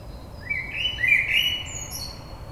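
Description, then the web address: Common blackbird delivering a mellow, fluting warble that rises then settles, followed by a faint high squeaky ending. Recorded on 22 May 2022. "oiseaux Merle 2022 05 22"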